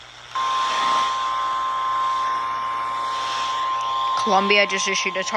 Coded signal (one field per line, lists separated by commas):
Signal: Emergency Alert System (SAME) tones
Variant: 1050 Hz attention tone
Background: speech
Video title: (Late Upload) EAS Alerts From 5/6/22 (EAS #437-#448)